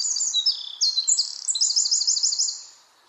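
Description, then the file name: Eurasian wren song fragment: shrill, tumbling high notes running into a quick rhythmic trill that fades away at the end. "Troglodytes troglodytes"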